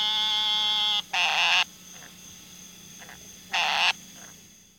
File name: Eastern narrowmouth toad